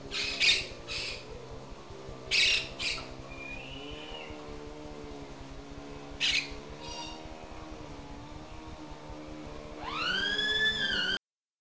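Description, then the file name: Bird calls: short bright chirping bursts near the start and middle, then rising whistled sweeps toward the end, over a steady low humming drone. "bird 4-Ben"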